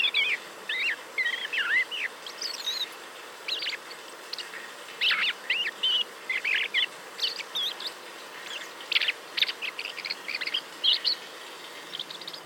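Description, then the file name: Common blackbird giving loud, clear chirps and sliding squeaky notes in a near-continuous string of short bursts. "Turdus merula"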